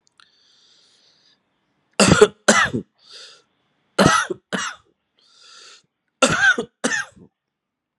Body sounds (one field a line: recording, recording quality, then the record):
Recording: heavy voluntary cough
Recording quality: excellent, no background noise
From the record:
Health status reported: COVID-19 positive, moderate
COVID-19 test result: positive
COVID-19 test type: RT-PCR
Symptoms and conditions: cough, sore throat, hypertension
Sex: male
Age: 52 years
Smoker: no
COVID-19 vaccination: both doses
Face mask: not worn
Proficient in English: yes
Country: India